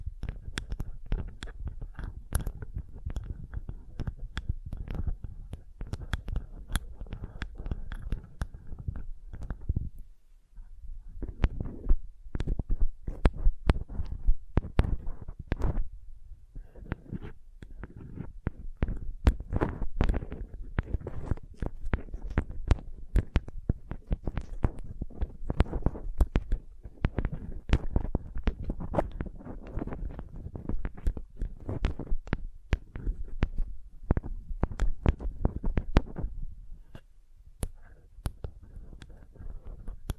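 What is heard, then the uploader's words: Soft, rapid tapping patters on continuously with dull low thumps and crisp clicks, briefly pausing around ten seconds, sixteen seconds and near the end. Sensitive Tapping.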